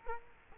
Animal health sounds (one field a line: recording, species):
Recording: mosquito wingbeat signal from an infrared sensor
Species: Culex quinquefasciatus